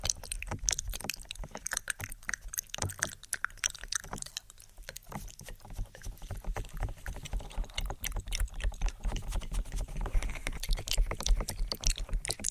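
Inaudible whispering and ear tapping: a dense, continuous run of soft clicks and taps, irregular and quick, with brief crisp bursts reaching high. A low rumbling murmur runs underneath throughout, thinning slightly around the fourth and fifth seconds before the tapping grows busier again.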